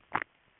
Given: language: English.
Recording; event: throat vibration sensor signal played as sound; swallow